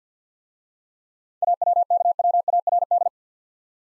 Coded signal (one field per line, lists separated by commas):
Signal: Morse code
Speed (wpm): 53 wpm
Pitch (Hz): 700 Hz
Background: none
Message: AWKWARD